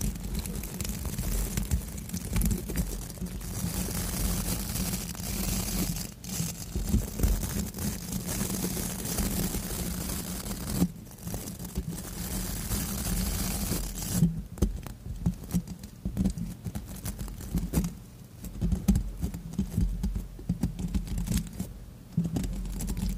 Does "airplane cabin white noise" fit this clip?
no